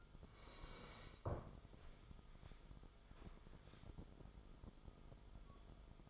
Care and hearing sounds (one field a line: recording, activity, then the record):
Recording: daily activity, microphone in the room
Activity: sit down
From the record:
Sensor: 5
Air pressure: 1005.5 hPa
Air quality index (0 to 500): 104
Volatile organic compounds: 2 ppm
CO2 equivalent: 1269 ppm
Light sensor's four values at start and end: 34/78/31/29 and 34/78/31/29